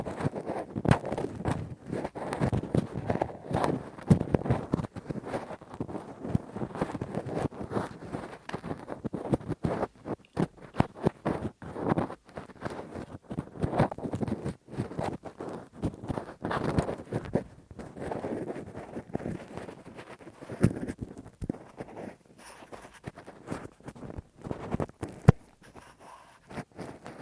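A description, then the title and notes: Rough scraping and rubbing of ear cleaning with a cotton swab and ear pick. The scratchy strokes come in dense, irregular bursts with sharp crackles and brief pauses, easing slightly toward the end. ASMR Intense Rough Deep Ear Cleaning w Q-tip, Ear Pick 1 Hour (No Talking).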